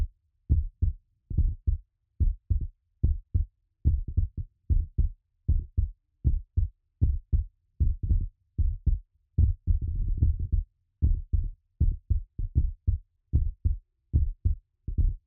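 Low, thudding paired beats repeat at roughly 74 per minute, with a brief rumbling stretch around the tenth second. This is a heartbeat sound effect.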